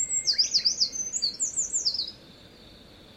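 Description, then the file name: Eurasian wren song, a two-second torrent of high, rolling trilled phrases, then silence. "misosazai"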